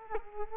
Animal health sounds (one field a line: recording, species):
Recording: mosquito wingbeat signal from an infrared sensor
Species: Culex quinquefasciatus